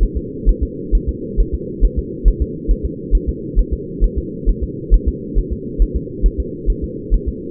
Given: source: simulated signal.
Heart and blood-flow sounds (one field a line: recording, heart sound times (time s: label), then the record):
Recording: fetal heart sounds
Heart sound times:
0.03 s: S1
0.17 s: S2
0.49 s: S1
0.63 s: S2
0.95 s: S1
1.09 s: S2
1.40 s: S1
1.54 s: S2
1.85 s: S1
1.99 s: S2
2.28 s: S1
2.42 s: S2
2.71 s: S1
2.85 s: S2
3.15 s: S1
3.29 s: S2
3.59 s: S1
3.73 s: S2
4.04 s: S1
4.18 s: S2
4.49 s: S1
4.63 s: S2
4.94 s: S1
5.08 s: S2
5.38 s: S1
5.53 s: S2
5.82 s: S1
5.96 s: S2
6.26 s: S1
6.40 s: S2
6.70 s: S1
6.84 s: S2
7.14 s: S1
7.28 s: S2
From the record:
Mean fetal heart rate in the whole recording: 135 bpm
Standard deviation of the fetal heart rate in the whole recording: 3 bpm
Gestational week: 36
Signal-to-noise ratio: -4.1 dB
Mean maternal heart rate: no maternal heart sound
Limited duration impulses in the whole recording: absent